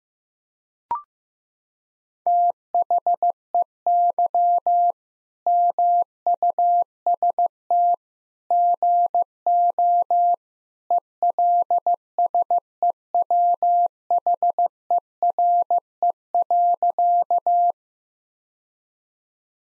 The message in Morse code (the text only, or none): THEY MUST GO ELSEWHERE.